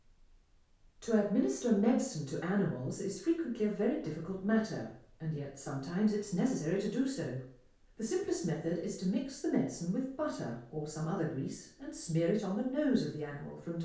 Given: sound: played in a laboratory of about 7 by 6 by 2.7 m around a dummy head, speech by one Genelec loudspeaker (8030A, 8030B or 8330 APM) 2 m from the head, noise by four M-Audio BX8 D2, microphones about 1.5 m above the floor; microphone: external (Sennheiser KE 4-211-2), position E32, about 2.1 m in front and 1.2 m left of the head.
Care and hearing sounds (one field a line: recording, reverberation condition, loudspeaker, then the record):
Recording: female speech in English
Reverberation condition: medium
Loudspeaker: 150 degrees to the right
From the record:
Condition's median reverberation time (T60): about 510 ms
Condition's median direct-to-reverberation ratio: about -0.5 dB